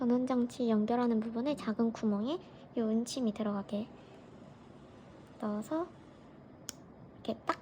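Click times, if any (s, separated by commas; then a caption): 7.5 s. A neon wire connector is lined up so its two silver pins go into the small holes of a battery power unit, then pushed in. Someone talks for the first several seconds, then small clicking sounds follow near 6.7 s and 7.3 s. The connector clicks into place at 7.5 s, seating in the power unit.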